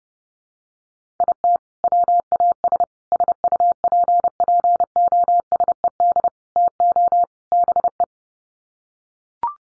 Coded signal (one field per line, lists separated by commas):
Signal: Morse code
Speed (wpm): 30 wpm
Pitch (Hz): 700 Hz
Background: none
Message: IT WAS SUPPOSED TO BE